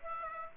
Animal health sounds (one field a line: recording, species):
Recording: mosquito wingbeat signal from an infrared sensor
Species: Aedes aegypti